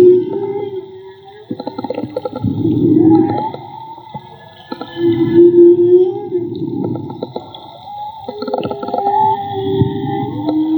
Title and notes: CANTO DE BALLENAS CON UN HIDROFONO MAGMA. Limpeza de sonido. Construcción de Hidrofonos y grabación de Campo. registro del canto de las ballenas. Radio Juntanza